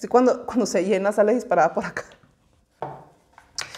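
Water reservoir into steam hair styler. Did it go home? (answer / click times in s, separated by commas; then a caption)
yes / 3.6 s. Someone talks, then a small water reservoir that has just been filled is pushed back into a steam hair-styling tool. After a few faint knocks, it clicks into place at 3.6 s and is seated, ready to use.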